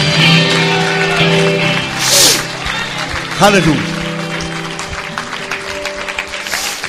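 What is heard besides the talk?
church audience applauding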